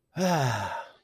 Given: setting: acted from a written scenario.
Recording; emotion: vocal sound without words; pride